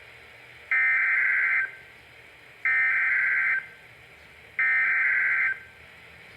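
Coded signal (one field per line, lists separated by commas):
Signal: Emergency Alert System (SAME) tones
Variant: header bursts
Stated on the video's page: Two NOAA Weather Radio alerts, a severe thunderstorm warning and a special marine warning, received on WR-400 and WR-300 weather radios.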